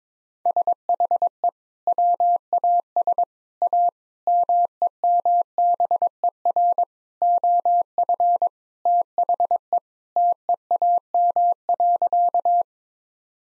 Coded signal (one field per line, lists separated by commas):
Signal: Morse code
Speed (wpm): 21 wpm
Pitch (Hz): 700 Hz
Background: none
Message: SHE WAS A MEMBER OF THE TEAM.